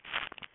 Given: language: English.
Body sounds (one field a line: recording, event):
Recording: throat vibration sensor signal played as sound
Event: swallow